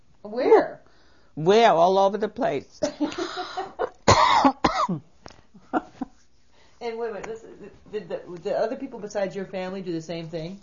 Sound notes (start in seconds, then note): 2.8 she laughs; 4.0 she coughs